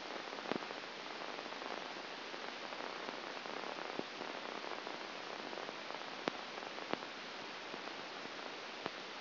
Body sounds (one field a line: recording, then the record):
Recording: brain microelectrode recording played as sound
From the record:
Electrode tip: outside the subthalamic nucleus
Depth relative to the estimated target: -8 mm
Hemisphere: left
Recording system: AlphaMap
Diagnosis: Parkinson's disease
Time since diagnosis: 9 years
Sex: male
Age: 68 years